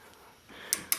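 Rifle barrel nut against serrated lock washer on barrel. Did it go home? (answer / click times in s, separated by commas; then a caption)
released / 0.7 s, 0.9 s. A steel barrel nut on a Remington Model 8 or 81 rifle barrel is turned counterclockwise with a tool to break it free and loosen it. Its rear teeth ratchet over the serrated slots of the steel lock washer on the barrel, giving sharp clicks at 0.7 s and 0.9 s over a low, quiet background. The nut is released and loosening.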